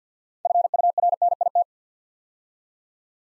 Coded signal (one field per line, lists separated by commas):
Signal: Morse code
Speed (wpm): 51 wpm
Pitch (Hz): 700 Hz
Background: none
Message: FURNIT